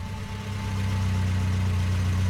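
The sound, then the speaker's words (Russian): A large American car, a taxi pulling up and stopping, idles with a steady, deep low rumble and a faint hum above it, holding constant and loud throughout with no voices. “Подъехало такси. Остановилось. Большая американская машина.”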